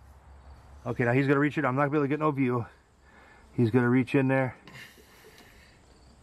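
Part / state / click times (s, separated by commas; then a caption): EVAP purge valve into its mounting clip in the engine bay / not seated / none. Someone talks while another person reaches in under the hood of a Chrysler to fit a new plastic EVAP purge valve into its retaining clip in the engine bay. The clip ends with only speech and a low steady background hum; nothing has seated or clicked yet.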